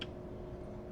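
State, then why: Not seated. A compressed metal retainer ring is worked around into the groove inside a backflow preventer check valve body, with a brief sharp tick at 0.0 s over a steady low hum. The ring is still being handled and has not snapped into the groove yet.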